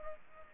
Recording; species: mosquito wingbeat signal from an infrared sensor; Culex pipiens